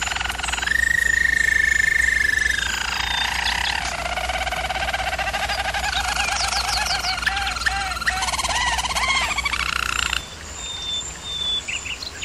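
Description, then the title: German Roller canary song: a long pure whistled tour, then descending rolls and bubbling trills, dropping to a quieter passage near the end. Canary training recording of singing. "German Roller Canary Singing - Canary Training Vid"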